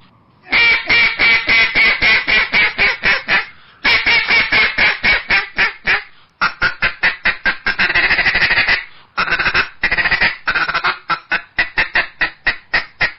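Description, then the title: Eastern Spot-billed Duck giving rapid, loud, harsh quacks, about four each second, in long runs separated by short breaks. At Baiyangdian; the duck is nicknamed 水上漂, 'water-skimmer', for its skill on the water. "家住白洋淀——我的观鸟笔记 功夫了得的“水上漂”斑嘴鸭"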